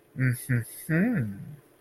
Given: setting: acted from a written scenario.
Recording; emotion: vocal sound without words; desire